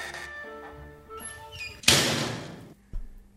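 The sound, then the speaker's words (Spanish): The door of the premises on the Radio Tarasca show swings open with a sudden broad rush of noise that slowly fades, then closes with a short, low thud. Steady ringing tones play just before it opens. “Se abre la puerta del local.”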